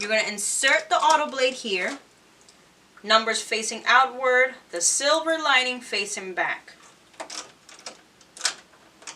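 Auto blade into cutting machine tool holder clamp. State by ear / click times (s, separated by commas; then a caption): not seated / none. Someone talks while setting the auto blade into the tool holder of a Silhouette Cameo 4 Pro cutting machine, numbers facing outward and the silver lining facing back. A few short, faint handling taps follow near the end. The blade is only being handled, and nothing has seated or clicked shut in the plastic clamp yet.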